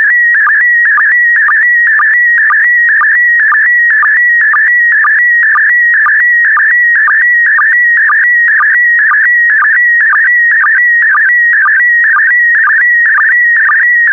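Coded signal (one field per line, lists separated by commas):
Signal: SSTV (slow-scan television)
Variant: PD120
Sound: continuous warbling, chirping tone with a steady rhythmic blip about twice a second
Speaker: complete. You can now check your decoded image against the picture that is shown on the video.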